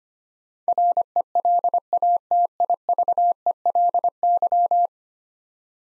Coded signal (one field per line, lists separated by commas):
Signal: Morse code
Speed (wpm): 25 wpm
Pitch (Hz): 700 Hz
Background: none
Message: RELATIVELY